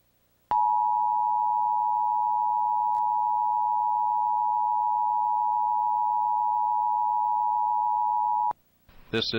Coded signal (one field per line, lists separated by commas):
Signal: Emergency Alert System (SAME) tones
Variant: 853 and 960 Hz attention tone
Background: speech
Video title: Maryland Emergency Alert System - Required Monthly Test (December 29, 2021)